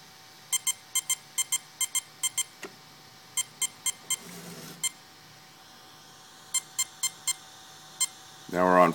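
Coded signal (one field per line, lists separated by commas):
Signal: beep code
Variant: Castle Creations Mamba ESC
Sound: run of short electronic beeps, then four beeps and one beep, twice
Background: brief speech at end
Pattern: 4 short, 1 short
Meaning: Punch control is set to high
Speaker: four beeps and then one beep which would be punch control on high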